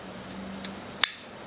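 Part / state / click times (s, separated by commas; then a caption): blade takedown release in a folding knife handle / released / 1.0 s. A folding knife's blade takedown release in the handle is pushed away, and its mechanism clicks open with a sharp, bright click at 1.0 s, releasing the blade so the knife can be taken apart. A faint tick comes just before at 0.6 s over a low, steady hum.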